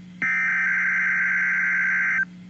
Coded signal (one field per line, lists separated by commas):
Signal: Emergency Alert System (SAME) tones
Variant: header bursts